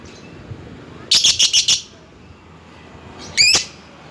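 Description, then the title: Lovebird chatter: a quick run of five buzzy high notes, a pause, then a short rising rattle. Lovebird calling a rival. "Lovebird Memanggil Lawan"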